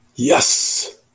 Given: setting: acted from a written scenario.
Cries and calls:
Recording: vocal sound without words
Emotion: pride

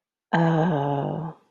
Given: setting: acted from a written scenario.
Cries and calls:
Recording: vocal sound without words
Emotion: confusion

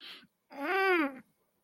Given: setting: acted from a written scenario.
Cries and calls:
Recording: vocal sound without words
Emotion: pain

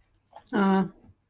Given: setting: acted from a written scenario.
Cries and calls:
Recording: vocal sound without words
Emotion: neutral

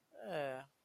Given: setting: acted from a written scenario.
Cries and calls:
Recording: vocal sound without words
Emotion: neutral

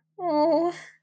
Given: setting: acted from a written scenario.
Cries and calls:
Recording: vocal sound without words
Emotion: embarrassment

